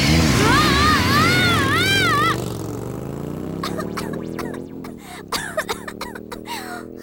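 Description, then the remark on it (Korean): A loud turbo car engine in the Pokémon cartoon revs with a wavering whine, then its pitch climbs steadily as it speeds away leaving black smoke, with a few sputtering pops near the end. “쌩쌩 달릴 거다. 터보 엔진!”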